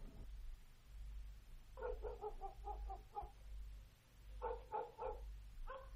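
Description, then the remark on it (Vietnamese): Two bursts of dogs barking, a quick run of six or seven mid-pitched barks followed after a pause by another short cluster, over a steady low rumble. The dogs bark at car headlights turning into a small village a few kilometres from the Vietnam–Laos border, at night in heavy rain. “Có tiếng chó sủa nhấm nhằng khi thấy ánh đèn xe rẽ vào trong làng.”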